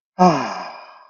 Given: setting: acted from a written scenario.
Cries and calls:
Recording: vocal sound without words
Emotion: serenity

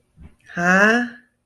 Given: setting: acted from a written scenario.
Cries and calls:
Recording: vocal sound without words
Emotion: confusion

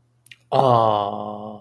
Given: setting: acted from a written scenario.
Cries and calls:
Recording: vocal sound without words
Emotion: adoration

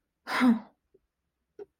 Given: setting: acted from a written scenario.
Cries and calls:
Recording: vocal sound without words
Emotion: anger

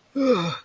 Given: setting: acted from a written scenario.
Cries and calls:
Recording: vocal sound without words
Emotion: disgust

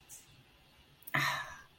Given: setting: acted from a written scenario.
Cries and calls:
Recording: vocal sound without words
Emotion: contentment

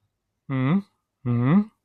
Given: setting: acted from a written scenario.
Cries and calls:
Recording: vocal sound without words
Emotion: interest

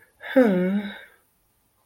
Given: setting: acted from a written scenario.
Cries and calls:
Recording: vocal sound without words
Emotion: ecstasy

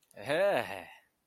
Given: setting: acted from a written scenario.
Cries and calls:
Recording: vocal sound without words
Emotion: triumph

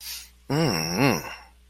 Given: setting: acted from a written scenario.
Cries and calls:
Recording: vocal sound without words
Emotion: ecstasy

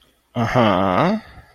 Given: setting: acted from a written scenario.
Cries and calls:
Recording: vocal sound without words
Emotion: desire

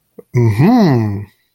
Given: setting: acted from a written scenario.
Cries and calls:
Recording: vocal sound without words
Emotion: interest

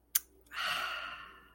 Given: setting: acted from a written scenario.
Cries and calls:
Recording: vocal sound without words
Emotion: contentment

